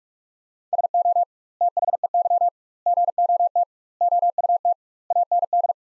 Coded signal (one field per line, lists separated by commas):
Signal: Morse code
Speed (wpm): 46 wpm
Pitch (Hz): 700 Hz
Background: none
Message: SO THEY GOT OUT AND